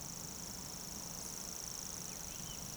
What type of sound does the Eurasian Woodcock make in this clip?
whistle